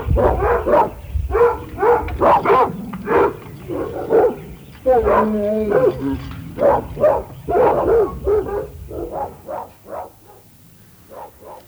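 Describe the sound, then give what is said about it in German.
Several dogs in a zoological institute's animal garden bark excitedly in greeting, a rapid, overlapping series of loud yips and barks, with a brief higher whine in the middle, the barking tapering off toward the end. “Daher gehen wir wieder an die Arbeit und wenden uns beobachtend den Bewohnern unseres Tiergartens zu. Sie begrüßen uns schon fröhlich.”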